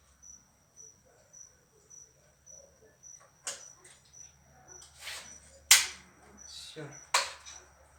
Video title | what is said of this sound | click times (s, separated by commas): Стучит под кабиной Вольво замена подшипников тросиона кабины | Все. До щелчка, как учили в автомобильно-дорожном колледже. | 5.7 s